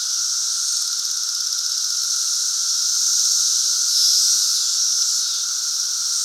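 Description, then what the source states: Periodical cicadas droning in a thick, sustained chorus, high hissing buzz with slow surges and a continuous lower hum. Great Southern Brood cicada emergence in 2024.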